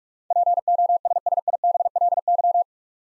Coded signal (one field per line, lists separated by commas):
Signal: Morse code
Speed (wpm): 48 wpm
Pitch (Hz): 700 Hz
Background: none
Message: POSSIBLY